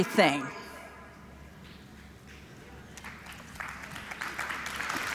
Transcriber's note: applause